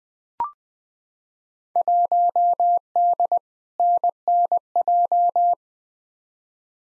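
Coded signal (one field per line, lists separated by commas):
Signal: Morse code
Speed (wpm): 20 wpm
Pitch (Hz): 700 Hz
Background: none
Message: 1D NNJ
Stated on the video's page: Field Day contest exchange practice at 20 wpm, each exchange sent in Morse, spoken, then sent again.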